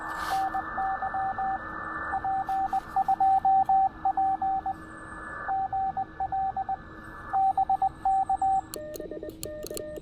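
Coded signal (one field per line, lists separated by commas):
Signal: Morse code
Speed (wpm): 20 wpm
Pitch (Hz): 770 Hz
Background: radio noise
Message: NY P2P GL BK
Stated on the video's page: QRP park activation at 400 milliwatts reaching England, Elecraft K2, homebrew end-fed half-wave, bug emulator.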